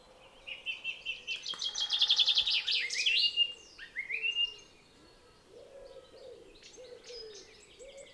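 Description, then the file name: Common chaffinch song: a fast, bright run of repeated notes ending in a flourish. "Fringilla coelebs"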